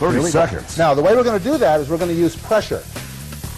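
A hinged lid is being handled over a countertop pressure grill/cooker base with sandwiches inside, while someone talks over background music. The clip ends before the lid is pressed down, so nothing has latched or clicked yet.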